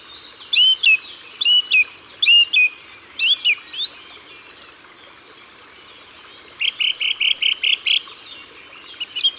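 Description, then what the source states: Song thrush song: varied whistled phrases, then a run of rapid identical notes. Ardèche, France.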